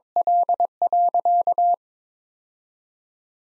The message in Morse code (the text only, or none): L.